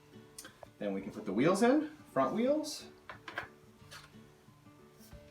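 A front wheel of a Bugaboo Fox stroller is handled toward its socket in the chassis leg, with its release button held down, while someone talks over faint steady background music. Brief light knocks of handling occur at about 0.4, 0.6, 3.1, 3.3 and 3.4 seconds. The wheel has not seated or clicked into place yet.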